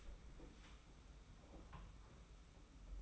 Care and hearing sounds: daily activity, microphone in the room; open door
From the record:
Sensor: 1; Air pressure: 991.6 hPa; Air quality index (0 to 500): 124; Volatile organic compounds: 273 ppm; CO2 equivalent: 4418 ppm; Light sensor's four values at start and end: 34/110/43/44 and 33/109/42/44

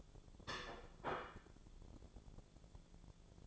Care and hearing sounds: daily activity, microphone in the room; place plate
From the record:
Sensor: 5

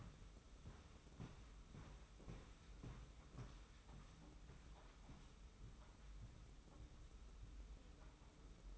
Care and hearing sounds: daily activity, microphone in the room; walk to room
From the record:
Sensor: 1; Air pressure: 991.1 hPa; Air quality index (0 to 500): 91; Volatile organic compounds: 33 ppm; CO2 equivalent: 3013 ppm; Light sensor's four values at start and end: 34/110/43/44 and 35/114/44/46

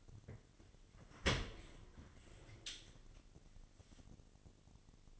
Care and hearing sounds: daily activity, microphone in the room; open dishwasher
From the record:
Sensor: 4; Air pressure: 1007.6 hPa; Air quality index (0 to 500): 198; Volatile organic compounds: 7 ppm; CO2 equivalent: 1972 ppm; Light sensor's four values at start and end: 22/70/27/26 and 22/70/27/26

